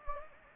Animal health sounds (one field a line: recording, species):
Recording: mosquito wingbeat signal from an infrared sensor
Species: Anopheles gambiae